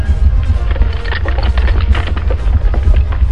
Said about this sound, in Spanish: ¡Típico! ¡Se nos cae el templo encima!